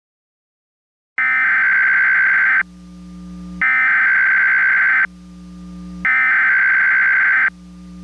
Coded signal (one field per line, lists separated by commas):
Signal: Emergency Alert System (SAME) tones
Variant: header bursts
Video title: EAS Mock: Destruction by Hidden Faults